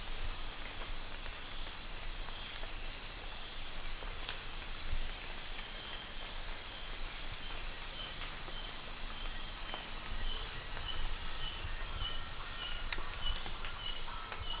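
Bird calls, a series of high repeated notes in short runs, with scattered chirps and a steady background hiss.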